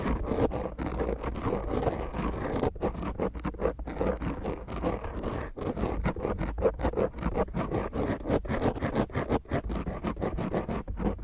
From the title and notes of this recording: ASMR Intense Rough Mic Scratch using HandNails (No Talking).